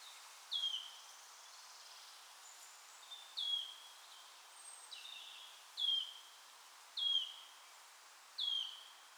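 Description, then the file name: Wood warbler uttering five plaintive falling whistles at uneven intervals over quiet background noise. "sisego fuzike hangja"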